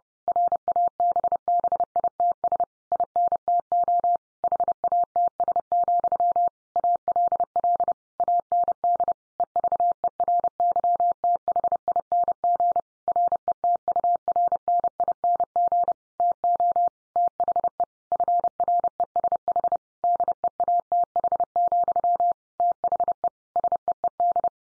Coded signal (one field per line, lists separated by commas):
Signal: Morse code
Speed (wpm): 30 wpm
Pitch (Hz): 700 Hz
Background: none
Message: RABBITS INTO HATS, ALL AND EVERYTHING RETURNING TO THE FRESH DEATH, THE SEED